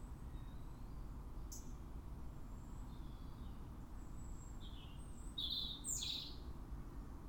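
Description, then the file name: European robin with faint high notes early on, then a short, sharp, high warbled phrase near the end, over a loud low rumble. "Erithacus rubecula"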